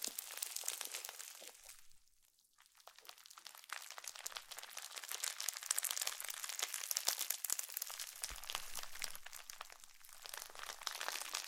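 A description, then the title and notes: Slime being squished and worked, giving a dense, constant stream of tiny crackles, pops and wet crunches that sit high and bright with almost nothing low underneath. The crackling thins briefly around two seconds, then returns busier and keeps going to the end. ASMR SLIME SATISFYING - NO TALKING.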